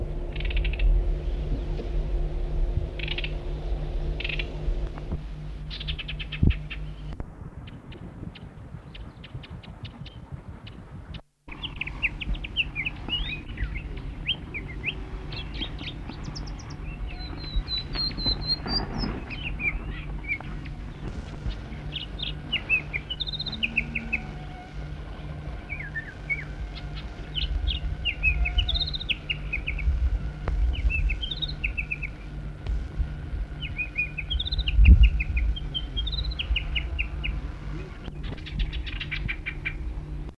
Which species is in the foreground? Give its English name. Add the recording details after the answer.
Chestnut-vented Warbler. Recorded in the wild. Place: Südwestafrika. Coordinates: -23, 17. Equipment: Halbspur, 9,5 cm/s. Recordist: Lütgens, Hans. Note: Gesang